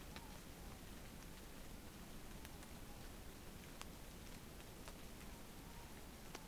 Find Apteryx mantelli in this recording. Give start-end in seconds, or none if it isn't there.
none